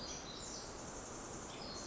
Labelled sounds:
Pacific Wren (Troglodytes pacificus)
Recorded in Sonoma County, California

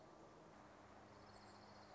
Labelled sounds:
Orange-crowned Warbler (Leiothlypis celata)
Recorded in Sonoma County, California

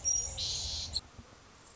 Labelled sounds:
Anna's Hummingbird (Calypte anna)
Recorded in Sonoma County, California

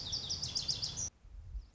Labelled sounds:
Lazuli Bunting (Passerina amoena)
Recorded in Sonoma County, California

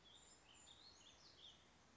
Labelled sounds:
Brown Creeper (Certhia americana)
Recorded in Sonoma County, California

